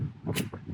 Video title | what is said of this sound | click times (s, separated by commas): ENGWE S6 Seated Folding Electric Scooter 🛴 | snaps into place pretty cool | 0.5 s